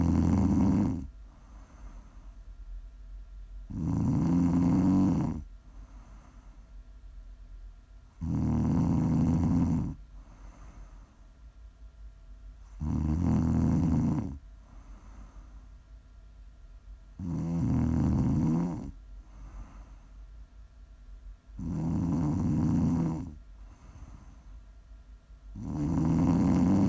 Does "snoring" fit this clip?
yes